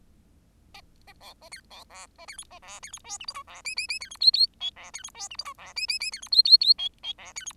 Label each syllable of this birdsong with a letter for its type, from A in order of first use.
A A B A C B D A C E A D C E F G H I D J J J C E K K L D C E F G H I D J J J C E K K K L L D C E